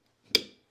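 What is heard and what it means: An Autel MaxiCharger AC Home 40A EV charging connector is pushed into the charging inlet of a GV60, and it seats with a single sharp, loud click at 0.4 s. The click rings briefly and fades, and charging then starts.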